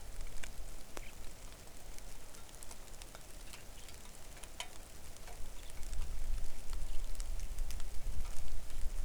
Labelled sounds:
songbird
rain
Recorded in the Arctic National Wildlife Refuge, Alaska, on 3 August 2019 at 09:32
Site 41

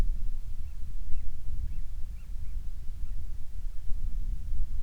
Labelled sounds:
bird
wind
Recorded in the Prudhoe Bay oil fields, Alaska, on 25 July 2019 at 02:33
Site 11

